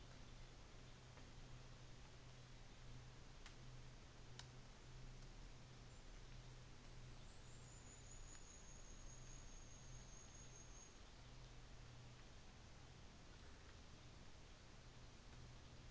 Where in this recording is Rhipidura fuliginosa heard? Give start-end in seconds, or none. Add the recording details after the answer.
6.95-11.38. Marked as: faintness 3/5. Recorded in New Zealand on 24 December 2018. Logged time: 13:10